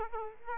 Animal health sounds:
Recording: mosquito wingbeat signal from an infrared sensor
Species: Aedes aegypti

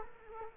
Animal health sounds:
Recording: mosquito wingbeat signal from an infrared sensor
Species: Culex quinquefasciatus

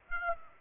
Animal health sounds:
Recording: mosquito wingbeat signal from an infrared sensor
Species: Aedes aegypti

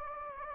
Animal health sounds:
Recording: mosquito wingbeat signal from an infrared sensor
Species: Anopheles gambiae

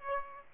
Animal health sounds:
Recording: mosquito wingbeat signal from an infrared sensor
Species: Aedes aegypti

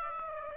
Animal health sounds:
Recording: mosquito wingbeat signal from an infrared sensor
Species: Aedes aegypti

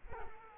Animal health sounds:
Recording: mosquito wingbeat signal from an infrared sensor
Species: Culex quinquefasciatus

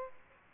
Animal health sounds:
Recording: mosquito wingbeat signal from an infrared sensor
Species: Aedes aegypti

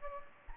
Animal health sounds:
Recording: mosquito wingbeat signal from an infrared sensor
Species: Anopheles gambiae

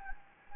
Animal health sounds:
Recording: mosquito wingbeat signal from an infrared sensor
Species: Anopheles gambiae

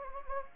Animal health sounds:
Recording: mosquito wingbeat signal from an infrared sensor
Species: Anopheles gambiae

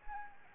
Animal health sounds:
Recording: mosquito wingbeat signal from an infrared sensor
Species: Anopheles arabiensis

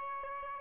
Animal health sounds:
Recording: mosquito wingbeat signal from an infrared sensor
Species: Aedes albopictus

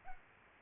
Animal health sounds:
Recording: mosquito wingbeat signal from an infrared sensor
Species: Culex pipiens

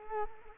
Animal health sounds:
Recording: mosquito wingbeat signal from an infrared sensor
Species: Culex quinquefasciatus

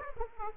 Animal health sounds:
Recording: mosquito wingbeat signal from an infrared sensor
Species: Aedes aegypti

